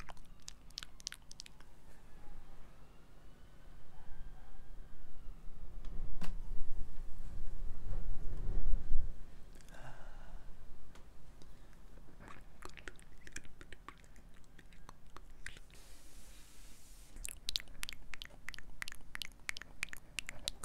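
Soft mouth sounds come in quick clicky bursts, thick in the first two seconds and again from about 12 to 20 seconds. Around 6 to 10 seconds a low, rumbling swell of breath or handling noise rises and fades beneath them.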